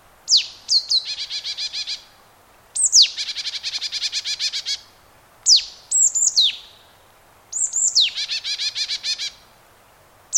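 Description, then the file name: Marsh tit calls: sharp high descending notes, mostly followed by fast buzzy chattering bursts, phrases repeating every two to three seconds, no other sounds. "Poecile palustris"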